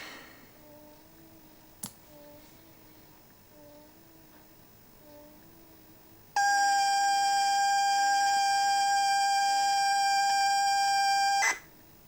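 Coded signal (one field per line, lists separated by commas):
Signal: ZX Spectrum tape loading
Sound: quiet room hum and a click, then a steady buzzy lead tone for five seconds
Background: low room hum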